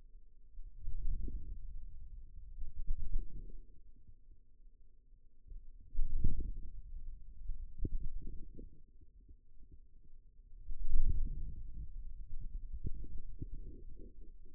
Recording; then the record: forearm muscle sounds (acoustic myography)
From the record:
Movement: wrist flexion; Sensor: system 2, bracelet of six BSWA MPA416 microphones around the upper forearm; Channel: 4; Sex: male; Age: 22 years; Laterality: right